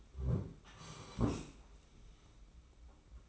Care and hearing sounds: daily activity, microphone in the room; sit down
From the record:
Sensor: 1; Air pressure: 991.7 hPa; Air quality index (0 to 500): 162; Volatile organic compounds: 1000 ppm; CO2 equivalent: 6048 ppm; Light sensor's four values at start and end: 30/100/39/40 and 31/103/40/41

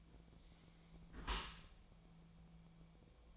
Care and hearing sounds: daily activity, microphone in the room; close dishwasher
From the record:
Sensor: 1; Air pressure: 1000.5 hPa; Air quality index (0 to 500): 183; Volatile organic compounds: 4 ppm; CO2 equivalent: 1681 ppm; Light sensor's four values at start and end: 10/25/10/12 and 10/25/10/12

